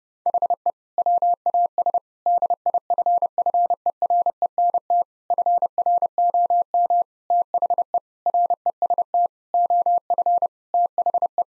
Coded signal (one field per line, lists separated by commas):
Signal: Morse code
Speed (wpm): 32 wpm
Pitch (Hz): 700 Hz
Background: none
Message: HE WAS DIFFERENT FROM THE REST OF THE